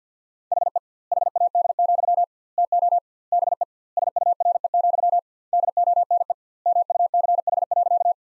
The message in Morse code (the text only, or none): HE HAD, TO BE SURE, DONE MUCH.